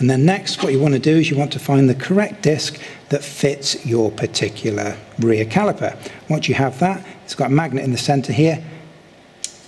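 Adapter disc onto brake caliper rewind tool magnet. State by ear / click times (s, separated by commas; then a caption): seated / 9.4 s. A man talks as a metal adapter disc, chosen to fit the rear brake caliper, is placed onto the center magnet of a brake caliper rewind tool. It snaps into place with a sharp metallic click at 9.4 s, and the disc is seated.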